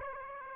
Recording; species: mosquito wingbeat signal from an infrared sensor; Aedes aegypti